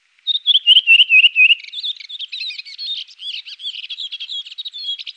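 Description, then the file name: Redwing song as a continuous high, chattering warble, starting with a few louder slurred notes and going on as fast, scratchy twittering. "koperwiek redwing"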